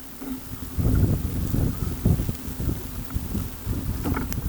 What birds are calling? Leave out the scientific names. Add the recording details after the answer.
none. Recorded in pastures near Pivijay, Magdalena, Colombia, on 1 June 2023 at 15:30. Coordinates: 10.456, -74.369. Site P6-G026